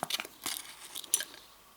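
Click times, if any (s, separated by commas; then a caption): none. An Anglo Arms Vertigo dagger blade is pushed into its sheath the wrong way round, giving a run of light rattles and scrapes with a sharp knock at about 1.1 s. It doesn't click in and falls straight out, so nothing has seated or clicked.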